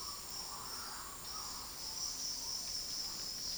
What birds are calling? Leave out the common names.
Querula purpurata